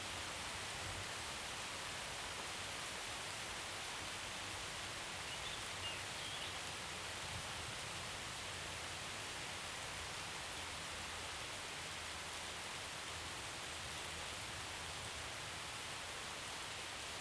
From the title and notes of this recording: Recorded just over a month ago, in a garden in Scotland.